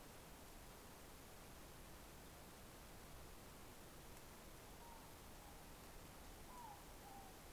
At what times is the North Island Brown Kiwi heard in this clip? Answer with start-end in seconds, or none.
none